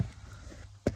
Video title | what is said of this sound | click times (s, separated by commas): LLAMS installation on Discovery 4 Land Rover | So it actually, you can actually hear it click together when you have it in firm enough. | 0.9 s